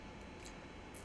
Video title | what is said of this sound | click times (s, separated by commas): 틸란시아 공중걸이 만들기 | 넣어주면 착착 하는 소리가 나면서 와 챙겨주면 | 0.9 s